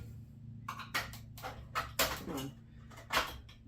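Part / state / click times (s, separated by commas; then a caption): pull-out toy part into its locked position on the city-mode body / seated / 0.7 s, 2.0 s. Pull-out parts of a 3D-printed plastic transforming robot toy are drawn out and lock into their locked position on its city-mode body. Sharp clicks land at 0.7 s and 2.0 s among other short handling rattles over a low steady hum. The parts are confirmed seated.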